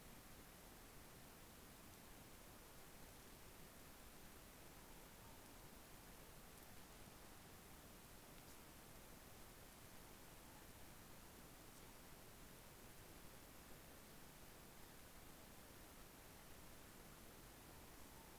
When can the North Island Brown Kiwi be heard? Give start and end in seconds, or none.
none